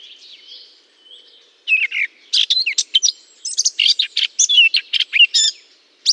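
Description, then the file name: Eurasian blackcap song: a faint high warble at first, then from about 1.7 seconds a loud rich run of fluty whistles and chattering notes to the end. Singing in holly. "chant de fauvette a tete noire dans houx"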